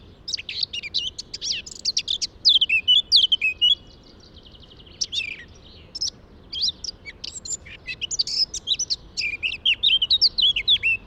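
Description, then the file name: Eurasian blackcap warbling in two bouts of rapid, jumbled high notes split by a short pause. "Sylvia atricapilla"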